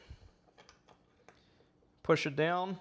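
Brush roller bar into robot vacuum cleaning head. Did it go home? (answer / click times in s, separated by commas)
no / none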